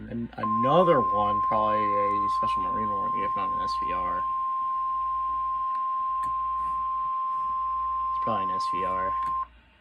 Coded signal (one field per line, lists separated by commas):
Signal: Emergency Alert System (SAME) tones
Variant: 1050 Hz attention tone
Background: speech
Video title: [EAS] Severe Thunderstorm Warning 6/14/24